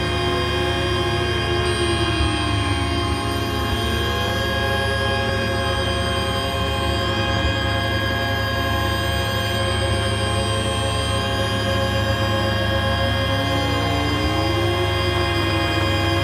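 A bus's hybrid electric motor whines as it spins up and slows, its tones gliding up and down in slow arcs every few seconds. Many steady pitched hums layer over a constant low rumble, and the sound stays evenly loud throughout.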